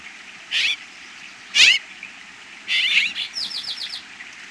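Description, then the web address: Bird calls: two scratchy, buzzy notes, then a longer rasping burst and a rapid series of four or five descending chirps. North America. "Peterson North American Birds. habr"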